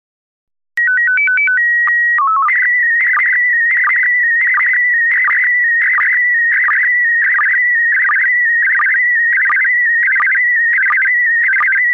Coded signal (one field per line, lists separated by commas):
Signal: SSTV (slow-scan television)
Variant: PD 90